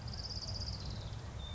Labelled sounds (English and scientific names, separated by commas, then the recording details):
Orange-crowned Warbler (Leiothlypis celata)
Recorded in Sonoma County, California